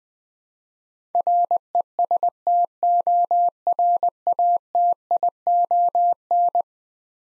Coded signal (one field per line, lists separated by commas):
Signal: Morse code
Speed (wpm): 20 wpm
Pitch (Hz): 700 Hz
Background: none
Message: RESTORATION